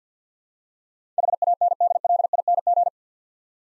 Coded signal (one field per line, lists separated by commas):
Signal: Morse code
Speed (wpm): 47 wpm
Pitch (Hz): 700 Hz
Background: none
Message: HANDLING